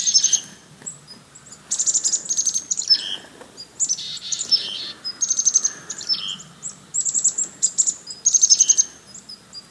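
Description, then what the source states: Chickadees in agitated chorus, high whistled notes and harsh buzzy dee calls overlapping in rapid, irregular bursts. Several chickadees mobbing.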